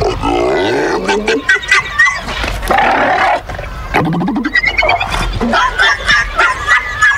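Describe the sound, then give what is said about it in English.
Several seals bark and grunt in rough, overlapping calls, loud and continuous, with honking, throaty bursts and some higher yelps layered over each other. “Guess what these seals are saying instead?”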